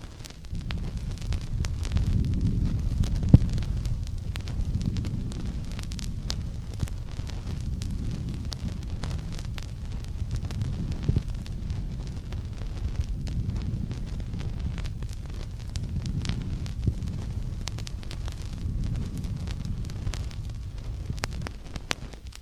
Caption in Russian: При небольших очагах уплотнения в легких бронхиальное дыхание проводится не полностью и воспринимается слухом как смешанное везико-бронхиальное дыхание.